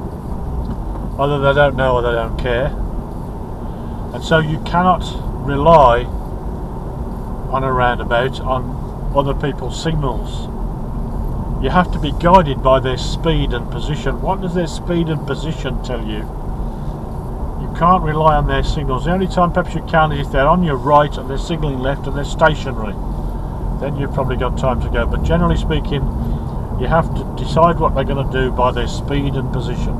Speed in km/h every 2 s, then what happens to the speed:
31, 31, 32, 34, 34, 35, 35, 35, 35, 35, 34, 34, 35, 35, 35.
0-30 steady at about 35.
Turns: none.